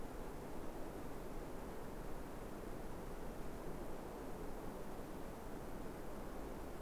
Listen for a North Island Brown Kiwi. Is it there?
no